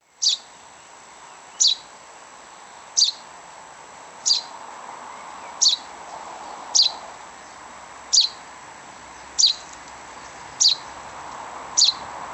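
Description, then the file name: Common chaffinch giving a single sharp high call note again and again, roughly every one and a quarter seconds, against quiet steady background noise. "Fringilla coelebs"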